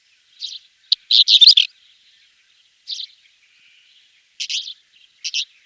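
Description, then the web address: Pied wheatear song: brief scratchy, chattering bursts of mixed notes, with short pauses between phrases. "Schulze Peter Pied Wheatear song"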